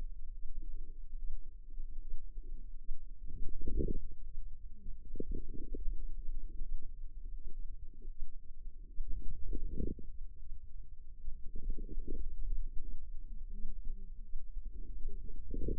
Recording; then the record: forearm muscle sounds (acoustic myography)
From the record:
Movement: wrist flexion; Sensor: system 2, bracelet of six BSWA MPA416 microphones around the upper forearm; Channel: 1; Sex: female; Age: 25 years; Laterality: right